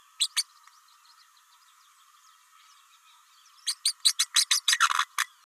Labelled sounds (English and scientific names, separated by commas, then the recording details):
Green-rumped Parrotlet (Forpus passerinus) babbling
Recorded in a nest box in Venezuela
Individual 18B104A5